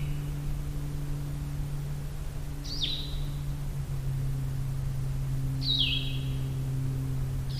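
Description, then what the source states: Blue-headed Vireo giving clear slurred whistled phrases about three seconds apart, over a strong low droning hum. Recorded in the Allegheny National Forest; song described as similar to the Red-eyed Vireo's but a lot sweeter sounding.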